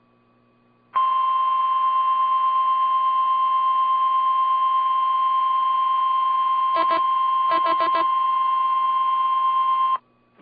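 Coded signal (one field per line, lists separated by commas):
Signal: Emergency Alert System (SAME) tones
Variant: 1050 Hz attention tone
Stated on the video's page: Required Weekly Test from weather radio transmitter KIH28.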